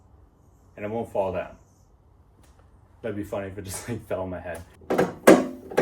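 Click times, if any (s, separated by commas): none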